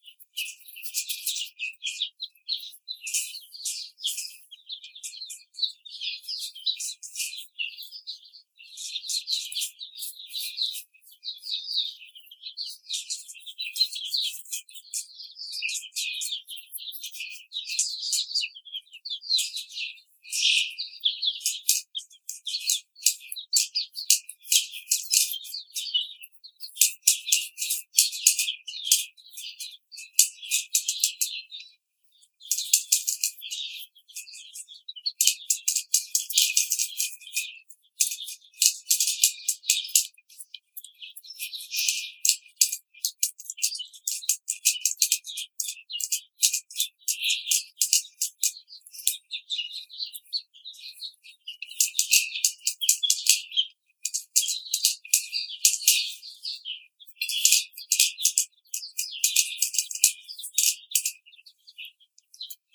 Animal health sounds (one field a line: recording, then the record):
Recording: young laying hens in a cage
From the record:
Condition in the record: treatment cage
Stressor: simulated dog barking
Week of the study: 5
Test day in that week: 1